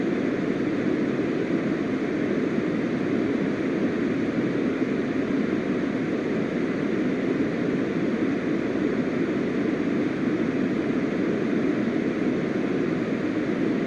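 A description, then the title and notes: Uninterrupted pink noise, a steady, dense rushing hiss weighted toward the low-mid range, unchanging in level for the whole stretch. Uninterrupted pink noise.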